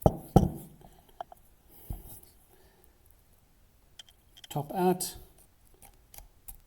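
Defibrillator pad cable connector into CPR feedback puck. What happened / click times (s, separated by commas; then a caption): The plastic connector is handled but not yet seated / none. The plastic connector on a ZOLL M2 CPR Stat-Padz pad cable is handled next to the CPR feedback puck it slides into, with a few short knocks and taps while someone talks. Nothing has seated or clicked home yet when the clip ends.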